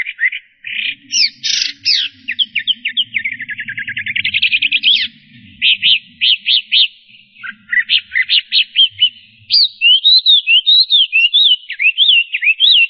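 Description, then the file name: Chinese hwamei singing a varied medley of fast whistles, trills and sharp repeated notes, changing pattern every few seconds, with faint low rumbling beneath. "audio-kicauan-burung-hwamei -omkicau"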